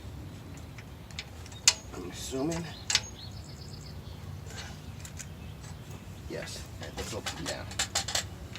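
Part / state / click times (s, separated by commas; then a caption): folding part into its locking position on a portable clamping workstation / not seated / none. A folding part of a portable clamping workstation is handled and brought down toward its locking position while someone talks. Sharp knocks and clatters are heard, the loudest near 1.7 s and 3.0 s. Nothing has seated or clicked into place yet by the end of the clip.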